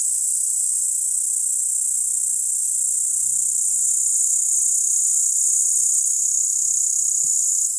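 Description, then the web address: Upland green bush-cricket singing an unbroken, shrill, sizzling trill that stays level throughout. "Tajemnice puszczy Pasikonik spiewajcy"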